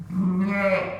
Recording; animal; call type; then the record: contact call of a hoofed animal; sheep; low-frequency (closed-mouth) or high-frequency (open-mouth) call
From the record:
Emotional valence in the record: negative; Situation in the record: short social isolation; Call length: 1.00 s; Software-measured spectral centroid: 1540 Hz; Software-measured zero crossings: 1240 a second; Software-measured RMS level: -24 dBFS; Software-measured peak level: -11 dBFS